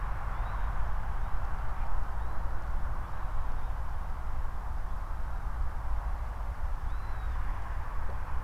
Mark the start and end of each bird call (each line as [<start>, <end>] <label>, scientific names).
[0.33, 0.67] Vanellus vanellus
[1.15, 1.60] Vanellus vanellus
[2.20, 2.43] Vanellus vanellus
[6.86, 7.37] Vanellus vanellus